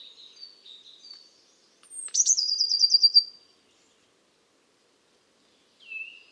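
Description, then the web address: Eurasian blue tit singing: a few thin high notes, then one rapid silvery trill lasting about a second, and a single downslurred note near the end. "Deverinetal 2025 File origin Bird Only Cy Ca"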